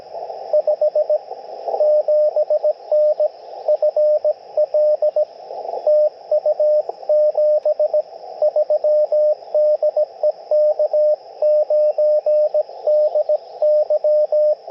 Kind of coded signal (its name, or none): Morse code